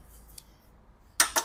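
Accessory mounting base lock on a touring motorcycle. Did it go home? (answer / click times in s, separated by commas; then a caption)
yes / 1.2 s. An accessory mounting base, fitted onto a touring motorcycle and positioned, is locked into place. After a quiet stretch with a faint tick at 0.4 s, the lock gives a sharp, bright click at 1.2 s, followed by a second clack about 0.2 s later. The lock goes all the way and seats home, and a piece then drops down.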